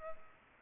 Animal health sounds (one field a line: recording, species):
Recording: mosquito wingbeat signal from an infrared sensor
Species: Culex pipiens